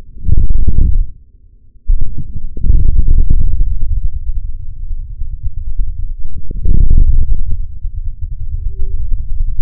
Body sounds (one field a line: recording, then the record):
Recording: forearm muscle sounds (acoustic myography)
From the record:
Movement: forearm pronation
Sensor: system 3, bracelet of six PUI Audio POM-2738L microphones around the upper forearm, with dedicated amplification and filtering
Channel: 4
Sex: male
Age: 56 years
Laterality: right